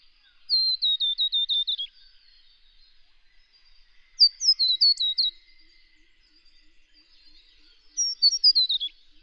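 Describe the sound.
Scarlet honeyeater singing three tinkling phrases, each a quick cascade of high sweet notes stepping downward, spaced by gaps of two to three seconds.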